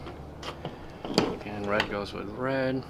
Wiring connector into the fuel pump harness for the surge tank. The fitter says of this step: here's some positive clicks